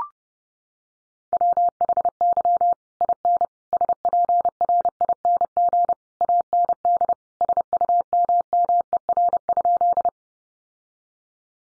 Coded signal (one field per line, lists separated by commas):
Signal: Morse code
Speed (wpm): 30 wpm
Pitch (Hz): 700 Hz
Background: none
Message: WHY IN SPRING AND SUMMER?